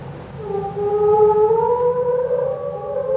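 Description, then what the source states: Whale song, slowed: one long smooth tone slowly rising in pitch, rich in harmonics, over a low rumble. A single whale, played slowed down.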